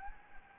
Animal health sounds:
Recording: mosquito wingbeat signal from an infrared sensor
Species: Anopheles gambiae

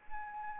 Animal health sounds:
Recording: mosquito wingbeat signal from an infrared sensor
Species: Anopheles arabiensis

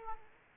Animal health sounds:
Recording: mosquito wingbeat signal from an infrared sensor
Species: Aedes aegypti

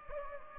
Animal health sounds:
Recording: mosquito wingbeat signal from an infrared sensor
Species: Anopheles gambiae

